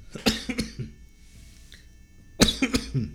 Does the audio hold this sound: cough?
yes